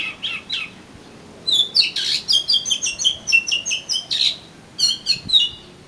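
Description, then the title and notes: Oriental magpie-robin song: after a few soft notes, a fast run of sharp high chirps and buzzy whistles, bursts clustered, then three more notes near the end. "suara kacer. kumpulan suara burung kacer"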